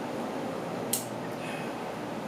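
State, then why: Seated. A bit for an everyday-carry screwdriver, which has Phillips and flathead bits, is pushed into the driver handle, where it locks in place, unlike on another model. Against steady background noise, a single sharp click sounds at 0.9 s as the bit seats and latches.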